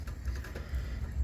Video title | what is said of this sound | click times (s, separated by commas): How to replace the radiator on a 1997 Ford F-150 4.6 | like so yeah that one down there now you know when you got those in whenever you hear a little click sound and | 0.5 s